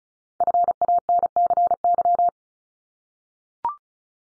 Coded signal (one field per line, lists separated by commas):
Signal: Morse code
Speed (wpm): 36 wpm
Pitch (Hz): 700 Hz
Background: none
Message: FANCY